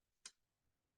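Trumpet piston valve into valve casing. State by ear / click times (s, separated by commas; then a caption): seated / 0.3 s. A lubed trumpet piston valve is dropped into its metal valve casing and turned gently until its guide drops into the slot in the casing. A single sharp, bright click sounds at 0.3 s against near silence, and the valve is seated in place, ready for the cap to be screwed down.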